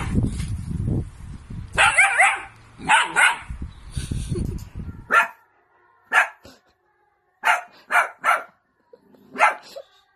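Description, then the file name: Dog barks, first amid rustling and shuffling noise, then clean sharp yaps spaced out singly and in pairs over the last half. Cute dog barking. "Tieng cho sua de thuong dang yeu"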